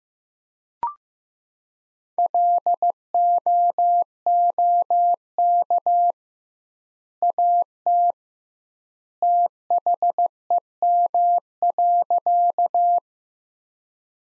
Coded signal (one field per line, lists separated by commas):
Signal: Morse code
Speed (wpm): 15 wpm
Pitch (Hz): 700 Hz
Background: none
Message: LOOK AT THEM.